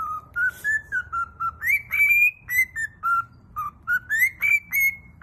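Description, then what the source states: Cockatiel whistled song: a run of clear, slurred notes that step and rise in pitch, ending on longer level whistles, phrases coming in quick succession with short gaps. Cockatiels, more than one, singing in whistles.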